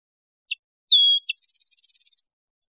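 Rufous-winged sparrow song: a brief high chip, then a sustained whistled note, another chip, and a rapid, very high trill of many even notes. No other sounds.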